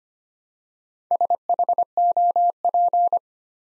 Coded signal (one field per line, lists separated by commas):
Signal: Morse code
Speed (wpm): 25 wpm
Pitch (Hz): 700 Hz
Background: none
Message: SHOP